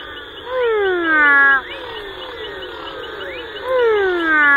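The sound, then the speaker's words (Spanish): Frog calls in two loud bursts, each a rapid series of falling, whistle-like cries, rising over a steady buzzing chorus of softer calls, with no talking. “Bueno, vos me preguntabas antes mismo por qué me gustaban las ranas y cuando salís al campo de noche y estás en lugares absolutamente naturales y vírgenes y estás metido en el agua, ¿viste?”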